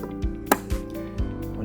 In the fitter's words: you hear that click, that's all you need to it.